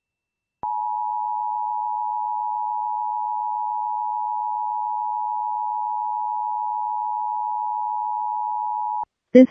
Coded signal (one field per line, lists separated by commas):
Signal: Emergency Alert System (SAME) tones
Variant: 853 and 960 Hz attention tone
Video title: Illinois Statewide Emergency Alert System Tests (February 1st, 2022)